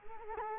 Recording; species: mosquito wingbeat signal from an infrared sensor; Culex quinquefasciatus